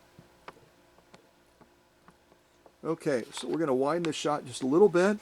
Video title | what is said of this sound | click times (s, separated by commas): Sexy and Strong..Wayne's 1965 Husqvarna Viking 2000 Heading back to TN with his Sheppard, Dakota!! | you push in gently until you feel it snap into place | 0.5 s